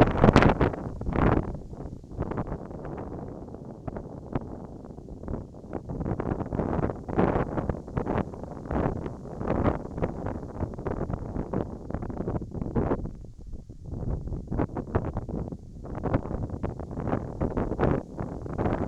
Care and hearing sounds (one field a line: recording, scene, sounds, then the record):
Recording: everyday scene through a hearing-aid microphone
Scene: wind on the microphone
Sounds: wind, whistling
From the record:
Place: in front of a rural house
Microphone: in the ear canal, right